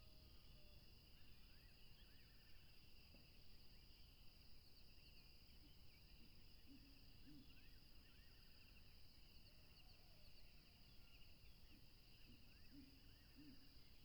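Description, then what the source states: Continuous cricket trilling in two high pitch bands over low rushing noise, with faint rising chirps and a few soft low notes in the second half. Crickets recorded along a tropical river.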